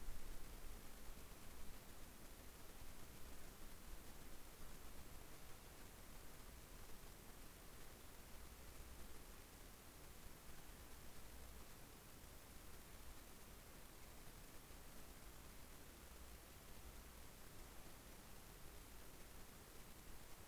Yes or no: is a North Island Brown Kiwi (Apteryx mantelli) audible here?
no